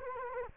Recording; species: mosquito wingbeat signal from an infrared sensor; Culex quinquefasciatus